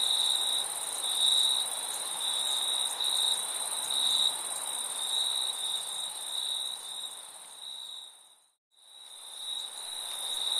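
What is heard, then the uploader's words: Crickets chirr in a dense, continuous shrill trill, with a piercing high tone layered over a fainter, brighter whine. The sound holds steady, then fades to near silence around eight and a half seconds before swelling back to full strength by the end. Relaxing Cricket Sounds for relaxing or sleep...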